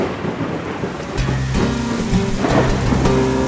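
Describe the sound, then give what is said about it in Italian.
A heavy August rainstorm in Santiago, Galicia, with a steady, dense hiss of falling rain and low, rumbling gusts, plus a few brief clattering impacts and faint tonal hums in the background; no one speaks. “Siamo ad agosto, ma il tempaccio coglie di sorpresa anche una troupe cinematografica arrivata da pochi giorni per girare un nuovo film”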